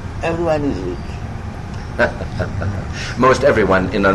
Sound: laughs

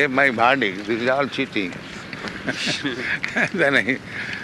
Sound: laughs

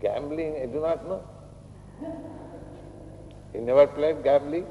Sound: laughter

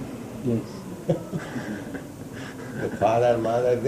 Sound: laughter

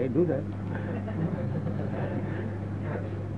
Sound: laughter

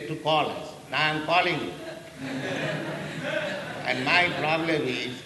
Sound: devotees laugh

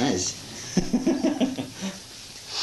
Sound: laughs

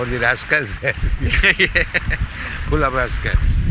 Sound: laughter

